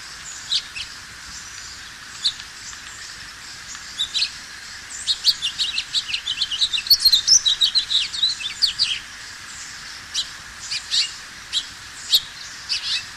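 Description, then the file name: House finch song: scattered short chirps, then a fast, jumbled warble of high twittering notes that swells in the middle and breaks back into separate chirps. "house finch by paul jaszczak"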